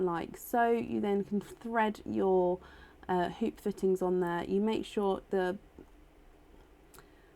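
Someone talks while one side of a hinged bracelet is hooked open and hoop fittings are threaded onto it, lining the divot up with the little divot before the clasp is clipped shut. Speech fills most of the clip, then fades to quiet handling with a faint brief tick near 7.0 s. Nothing has clipped shut or clicked yet.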